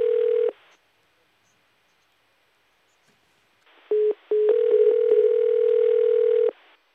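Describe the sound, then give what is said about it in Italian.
A steady, mid-pitched electronic telephone ringing tone on an outgoing call to the Gaucci home: a short beep, a few seconds of silence, then a couple of brief pulses leading into a longer sustained tone. “Eccolo qua. Casa Gaucci. Lucianone, rispondi!”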